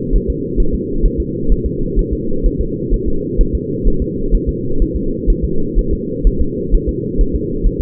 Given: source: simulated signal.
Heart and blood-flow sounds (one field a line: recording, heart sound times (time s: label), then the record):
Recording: fetal heart sounds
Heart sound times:
0.16 s: S1
0.30 s: S2
0.60 s: S1
0.74 s: S2
1.05 s: S1
1.20 s: S2
1.52 s: S1
1.66 s: S2
1.99 s: S1
2.13 s: S2
2.46 s: S1
2.61 s: S2
2.94 s: S1
3.08 s: S2
3.41 s: S1
3.55 s: S2
3.88 s: S1
4.02 s: S2
4.35 s: S1
4.49 s: S2
4.82 s: S1
4.96 s: S2
5.30 s: S1
5.44 s: S2
5.79 s: S1
5.93 s: S2
6.27 s: S1
6.41 s: S2
6.75 s: S1
6.89 s: S2
7.21 s: S1
7.35 s: S2
7.67 s: S1
7.81 s: S2
From the record:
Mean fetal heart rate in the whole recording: 130 bpm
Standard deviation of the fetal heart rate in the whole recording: 4 bpm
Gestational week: 38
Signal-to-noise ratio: -8.1 dB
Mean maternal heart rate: 72 bpm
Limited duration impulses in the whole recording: absent